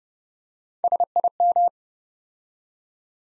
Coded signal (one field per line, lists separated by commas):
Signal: Morse code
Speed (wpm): 30 wpm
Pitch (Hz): 700 Hz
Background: none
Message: SIM